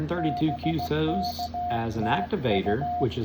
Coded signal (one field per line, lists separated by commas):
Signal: Morse code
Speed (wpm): 17 wpm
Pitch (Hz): 700 Hz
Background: speech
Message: BKTU